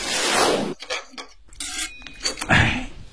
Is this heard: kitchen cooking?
yes